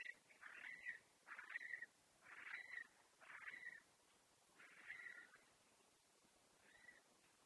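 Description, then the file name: Eurasian curlew calls: a series of drawn-out notes, each about half a second long, fading toward the end against faint background hiss. "Courlis-cendré-Numenius-arquata"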